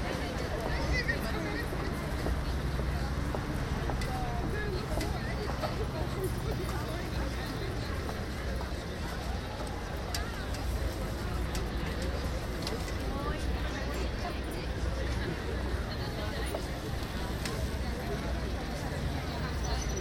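Café terraces at the Grote Markt in The Hague, filled with a steady, dense murmur of many overlapping voices. The level hardly changes across the whole stretch. A low hum runs underneath, with faint clinks and light taps scattered throughout.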